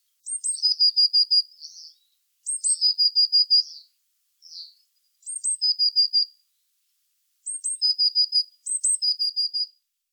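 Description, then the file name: Eurasian blue tit calling: short sharp high notes run into a fast even trill of five or six notes, the phrase repeated several times with brief pauses. "Cyanistes caeruleus"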